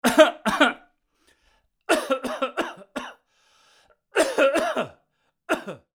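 An adult coughing repeatedly in short bursts.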